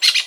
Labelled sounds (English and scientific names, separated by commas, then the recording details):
Brown-throated Parakeet (Eupsittula pertinax) contact call
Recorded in Venezuela
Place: Guárico; Corozopando; Fundo La Fe
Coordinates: 8.506, -67.593